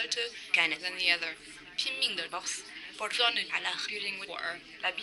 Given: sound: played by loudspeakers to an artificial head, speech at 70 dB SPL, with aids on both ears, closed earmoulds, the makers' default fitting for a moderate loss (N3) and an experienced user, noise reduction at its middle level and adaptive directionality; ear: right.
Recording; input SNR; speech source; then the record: speech test signal (ISTS) in cocktail-party noise; +3 dB; in front (0 degrees)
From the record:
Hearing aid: class 2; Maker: B